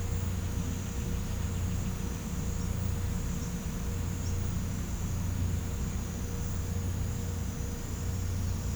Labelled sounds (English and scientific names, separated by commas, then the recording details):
none
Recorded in pastures near Puerto Asís, Putumayo, Colombia, on 21 December 2024 at 07:30
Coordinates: 0.505, -76.324
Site G063